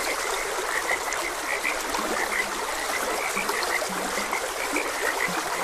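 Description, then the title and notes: Frog croaks come in a busy run of short repeated notes with a few lower calls, set against continuous flowing water. Frogs croaking beside a gentle stream. "Gentle Stream and Frogs Croaking. Calming Sounds of Nature. Sleep and Relaxation Podcast"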